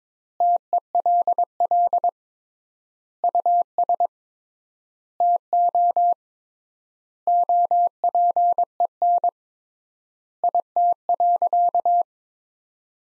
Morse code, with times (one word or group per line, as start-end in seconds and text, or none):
0.4-2.1 TELL
3.2-4.1 US
5.2-6.1 TO
7.3-9.3 OPEN
10.4-12.0 IT.